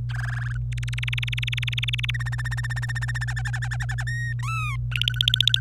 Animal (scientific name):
Serinus canaria